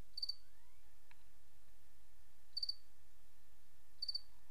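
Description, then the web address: Cricket giving three high, pulsed chirps at uneven intervals, against steady hiss, with a rising sliding tone early on and a faint sustained hum after it. Recorded 28 August 2007. "white-noise Crickets 28 aug 07"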